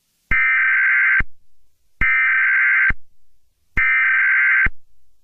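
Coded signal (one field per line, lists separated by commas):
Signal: Emergency Alert System (SAME) tones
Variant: header bursts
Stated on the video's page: Fictional EAS scenario containing valid EAS tones.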